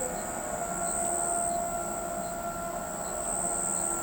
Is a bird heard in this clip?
no